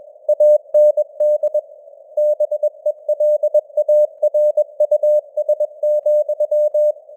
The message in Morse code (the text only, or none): AND BELARUS,